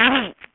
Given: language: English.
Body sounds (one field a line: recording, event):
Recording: throat vibration sensor signal played as sound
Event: throat clearing